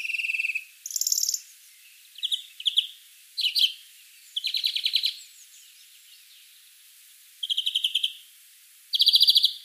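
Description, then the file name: European greenfinch calling in separate bursts of fast, rattling trills, about a second or two apart, varying between higher and lower pitched phrases. "Chloris chloris"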